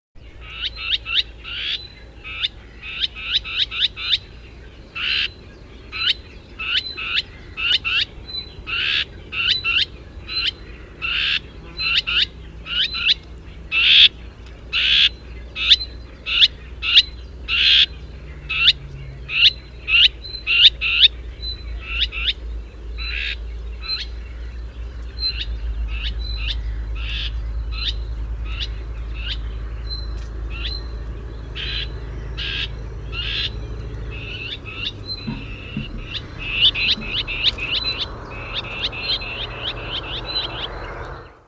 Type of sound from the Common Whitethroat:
call